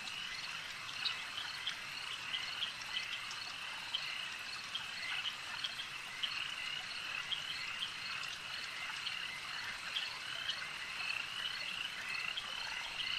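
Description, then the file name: Insects in a sustained buzzing swarm chorus, high and shimmering, dotted with short sharp ticks and pulses over the drone. A swarm of insects heard as ambient sound. "Elijah Wagner - Relaxing Insect Swarm Ambience"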